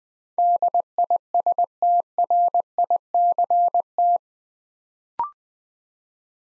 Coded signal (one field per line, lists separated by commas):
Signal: Morse code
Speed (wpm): 20 wpm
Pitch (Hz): 700 Hz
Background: none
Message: DISTRICT